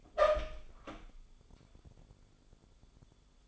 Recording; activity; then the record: daily activity, microphone in the room; open door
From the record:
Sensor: 5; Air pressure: 1015.3 hPa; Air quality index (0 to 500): 206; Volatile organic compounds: 10 ppm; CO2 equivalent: 2236 ppm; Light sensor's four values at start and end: 34/78/31/30 and 35/80/32/31